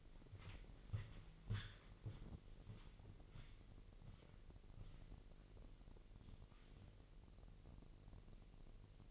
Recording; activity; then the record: daily activity, microphone in the room; walk to room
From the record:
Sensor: 4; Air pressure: 1002.9 hPa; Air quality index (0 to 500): 248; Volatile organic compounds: 10 ppm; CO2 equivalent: 2208 ppm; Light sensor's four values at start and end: 11/26/10/11 and 13/29/12/12